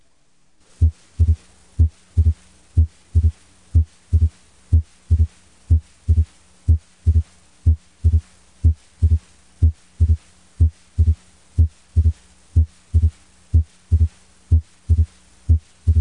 Knock is easier to hear than either a physiologic or pathologic S3. Pericardial knock is heard best over the third, fourth, and fifth intercostal spaces along the left sternal border.